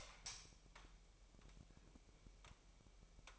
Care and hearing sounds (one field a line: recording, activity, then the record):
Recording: daily activity, microphone in the room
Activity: light on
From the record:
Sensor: 1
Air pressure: 1002.0 hPa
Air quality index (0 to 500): 246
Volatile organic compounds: 50 ppm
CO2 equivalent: 3292 ppm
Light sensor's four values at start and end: 5/11/5/5 and 13/38/16/17